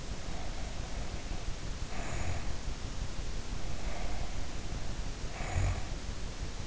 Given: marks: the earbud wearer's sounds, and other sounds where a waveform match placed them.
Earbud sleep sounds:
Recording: sounds in sleep by an in-ear microphone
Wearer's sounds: breath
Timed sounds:
0.12-2.53 s: breath
3.53-5.97 s: breath

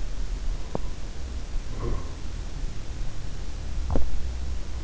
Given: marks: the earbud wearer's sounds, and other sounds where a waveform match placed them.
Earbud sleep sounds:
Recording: sounds in sleep by an in-ear microphone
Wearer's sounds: breath, teeth grinding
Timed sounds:
0.10-2.44 s: breath
0.68-1.03 s: teeth grinding
3.54-4.52 s: teeth grinding

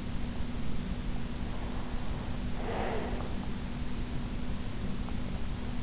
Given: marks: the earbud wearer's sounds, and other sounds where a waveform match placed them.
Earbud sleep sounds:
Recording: sounds in sleep by an in-ear microphone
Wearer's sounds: breath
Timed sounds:
2.25-3.96 s: breath

